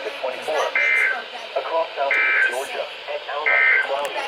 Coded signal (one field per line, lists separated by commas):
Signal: Emergency Alert System (SAME) tones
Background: speech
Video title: Welcome to Marine Warning Land! (4/5/22) EAS #94-103!!!!